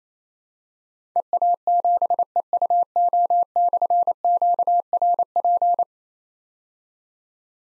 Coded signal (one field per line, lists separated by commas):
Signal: Morse code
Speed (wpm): 29 wpm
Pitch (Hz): 700 Hz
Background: none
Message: EA7EUO/QRP